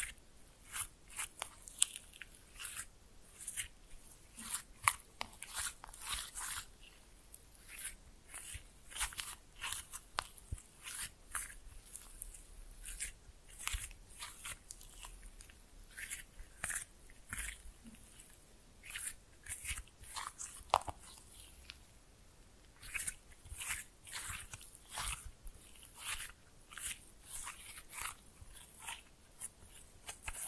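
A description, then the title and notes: Slime being pressed and mixed makes dense, irregular wet crackles and crunchy pops throughout, with brief quieter pauses and no talking. Slime No Talking (Pressing and Mixing).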